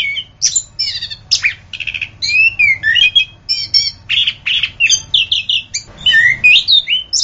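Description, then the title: Orange-headed thrush song: a rapid, varied stream of high whistles, slurred notes and harsh chattering phrases, with short pauses between bursts. "anis kembang"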